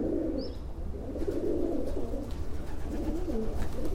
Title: Discesa alla Piazzetta, 12037 Saluzzo CN, Italia - Pigeons